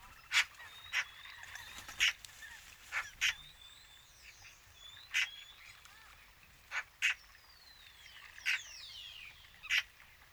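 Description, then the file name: Eurasian magpie repeating coarse, rasping calls at irregular intervals of up to two seconds, while other birds whistle and sing in the background. "Pica pica"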